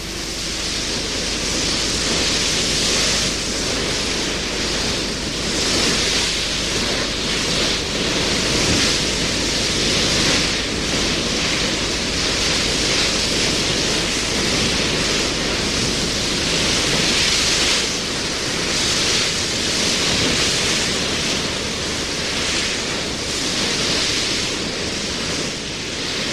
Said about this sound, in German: Mit 15 Knoten zerschneidet der Steven jetzt das Meer. Die Höchstgeschwindigkeit des Schiffes. 27 Kilometer in der Stunde. Kurs 308 Grad. Wind West-Nordwest, Stärke 5.